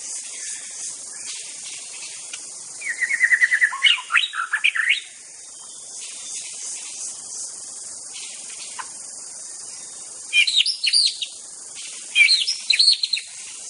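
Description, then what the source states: White-rumped shama singing short bursts of fluty whistles and rapid sweeping notes, separated by quiet gaps, against continuous insect buzz. Wild bird recorded in forest.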